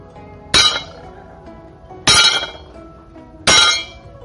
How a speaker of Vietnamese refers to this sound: Nhìn người trung niên đang thân trần nhễ nhại gõ từng búa xuống lò rèn